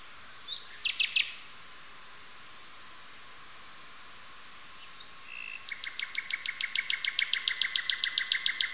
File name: yuzhnij solovej luscinia megarhynchos